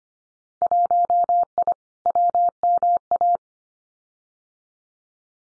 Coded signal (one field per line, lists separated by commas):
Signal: Morse code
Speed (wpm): 25 wpm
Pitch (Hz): 700 Hz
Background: none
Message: 1I WMA